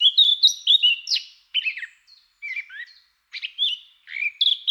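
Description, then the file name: Eurasian blackcap song: broken fluty and warbled phrases with short pauses, some notes sliding up or down, clear and loud. "Sylvia atricapilla"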